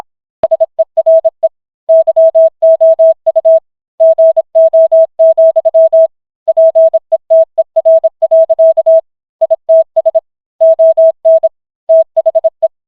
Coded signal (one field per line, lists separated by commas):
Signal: Morse code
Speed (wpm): 26 wpm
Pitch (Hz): 650 Hz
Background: music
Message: SERE YOU GO, PETER. ITS ON THE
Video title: Family Guy Scene but it’s Entirely in Morse Code